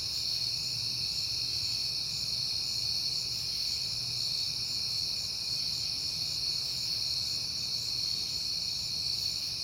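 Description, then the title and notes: Crickets in shrill, continuous trilling, even in pitch and loudness, with a faint low hum underneath. Crickets outdoors at night on a peaceful September night, heard often lately. "Night Time: Crickets and Passing Cars. It is September and I have been hearing the crickets a lot"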